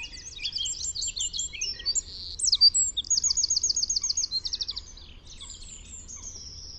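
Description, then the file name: Wren song, an energetic high-pitched outpouring of twittering notes leading into a fast, even trill, then fading to quieter notes at the end. "Troglodyte"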